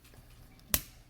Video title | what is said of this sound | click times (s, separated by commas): Netflix Original Series OPTIMUS PRIME with ENERAX & SHEELDRON Transformers War For Cybertron Review | This will click in like that. | 0.7 s